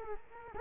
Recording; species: mosquito wingbeat signal from an infrared sensor; Culex quinquefasciatus